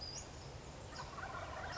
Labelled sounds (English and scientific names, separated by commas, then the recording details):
Western Flycatcher (Empidonax difficilis)
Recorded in Sonoma County, California